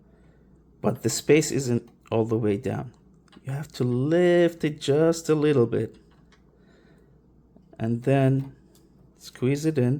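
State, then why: Not seated. An M.2 SSD, an XPG GAMMIX S70 2TB, is held tilted slightly up and lined up with the M.2 expansion slot connector in a PS5 console before being squeezed in. Someone talks throughout, with only faint handling sounds in the pauses. Nothing has seated or clicked yet.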